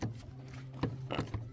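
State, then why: Not seated. A plastic coolant expansion tank on a BMW X5 E70 is pressed with force into its mounting bracket, making short handling knocks at about 0.0, 0.8, 1.2 and 1.3 s over a steady low hum, with the loudest knock at 1.5 s. Nothing has seated or clicked yet.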